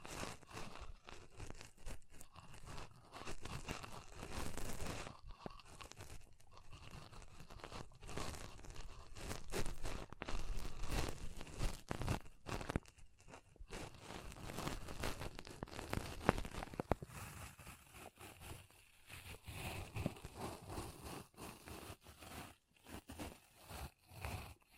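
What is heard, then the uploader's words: Soft crunching, crinkling rustles from pom poms being squeezed and rubbed, continuing with brief gaps throughout. The texture is dense and scratchy, rising and falling in short bursts, with a few sharper crackles around the middle and near the end. ASMR Ultimate Pom Pom Tingles (No Talking).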